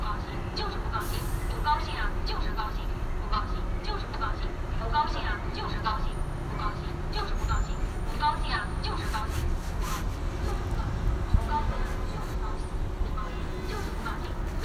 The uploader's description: a field recording of a visit to experience the sound piece 'Window Pain' by Colin Siyuan Chinnery, installed at Tattoo Parlour space in Beijing